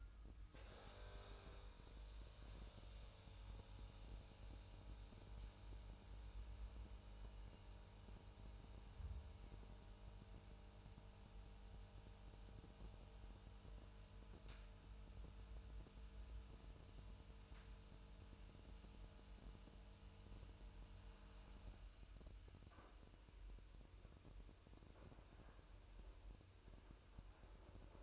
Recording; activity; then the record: daily activity, microphone in the room; make coffee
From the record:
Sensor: 2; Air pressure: 988.3 hPa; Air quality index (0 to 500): 189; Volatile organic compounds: 171 ppm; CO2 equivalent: 4110 ppm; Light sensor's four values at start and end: 20/69/27/26 and 20/69/27/26